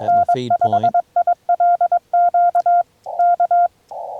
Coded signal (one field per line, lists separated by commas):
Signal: Morse code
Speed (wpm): 21 wpm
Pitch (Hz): 690 Hz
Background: none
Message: N5ILQ K